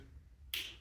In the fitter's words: Push it in all the way till it clicks.